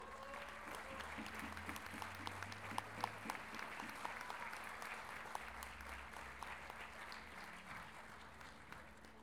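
Sustained audience applause, a dense steady patter of many hands clapping at even loudness for several seconds, with a faint low hum underneath and no clear voices.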